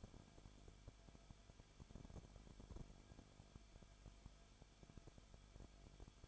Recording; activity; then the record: daily activity, microphone in the room; no activity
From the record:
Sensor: 5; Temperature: 20.3 degrees Celsius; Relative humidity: 39.8%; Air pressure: 1010.8 hPa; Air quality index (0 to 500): 165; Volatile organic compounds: 15 ppm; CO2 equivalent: 2501 ppm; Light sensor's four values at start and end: 2/3/1/1 and 2/3/1/1